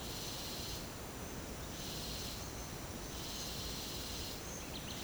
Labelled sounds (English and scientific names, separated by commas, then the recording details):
none
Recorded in secondary vegetation near Puerto Asís, Putumayo, Colombia, on 18 December 2024 at 08:00
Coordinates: 0.489, -76.322
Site G059